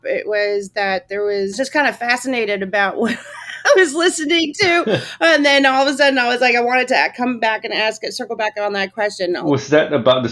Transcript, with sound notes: It was that there was the, just kind of fascinated about what I was listening to, (laughs) and then all of a sudden, I was like, I wanted to come back and ask and circle back on that question.